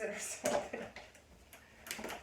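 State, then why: Seated. A compact travel stroller is being unfolded, shaken and pressed, following the directions, while someone talks. A sharp snap is heard at 1.9 s as the folding frame lock snaps into place and engages.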